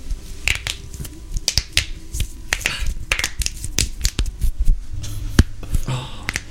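A rapid series of sharp, dry pops in a small room as an adult pops their fingers, cracking the finger joints; harmless knuckle popping.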